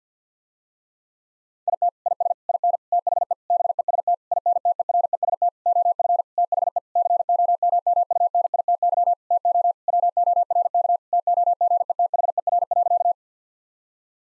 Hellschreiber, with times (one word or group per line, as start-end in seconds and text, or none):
none